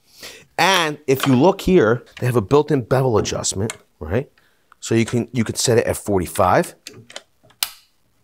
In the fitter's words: locks in place and then you lock down like this and